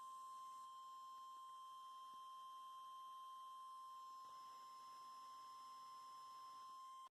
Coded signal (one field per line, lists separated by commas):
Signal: Emergency Alert System (SAME) tones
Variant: 1050 Hz attention tone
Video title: EAS/NWR Alert or message #91-93: Last monthly Required Weekly Test